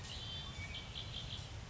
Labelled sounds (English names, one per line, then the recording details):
Red-winged Blackbird
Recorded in Sonoma County, California